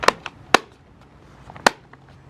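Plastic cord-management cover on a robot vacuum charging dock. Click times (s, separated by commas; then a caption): 0.5 s, 1.7 s. After the power cord is coiled into the cord-management channel of a Mi Robot Vacuum charging dock, the plastic cord-management cover is pressed back on. A few faint ticks come first, then two sharp clicks at 0.6 s and 1.7 s as the cover snaps into place and is seated.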